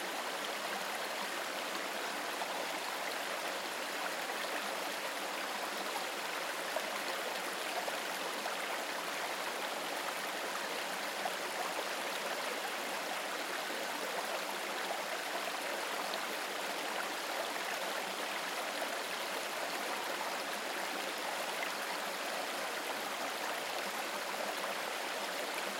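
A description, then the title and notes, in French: A quiet river flows steadily, its water making a continuous, dense rush that stays even from start to finish. The sound is bright and hissy with little low rumble, and faint gurgles and trickles flicker within the constant flow. La Sérénité de l'Eau qui Coule. Suivez le cours tranquille d'une rivière, où l'eau qui coule tisse une mélodie apaisante qui parle directement à l'âme.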